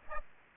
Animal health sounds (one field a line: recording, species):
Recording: mosquito wingbeat signal from an infrared sensor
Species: Aedes aegypti